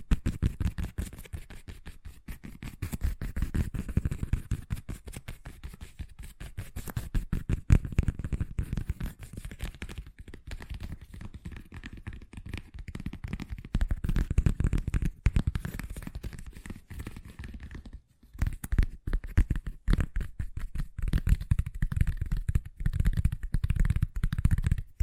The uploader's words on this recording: ASMR Braingasm Inducing Fast Tapping (No Talking).